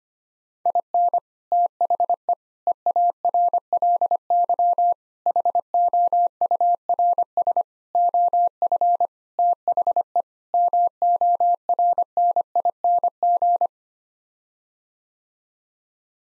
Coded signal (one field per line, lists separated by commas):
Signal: Morse code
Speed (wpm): 25 wpm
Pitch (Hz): 700 Hz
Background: none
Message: IN THE EARLY HOURS OF THE MORNING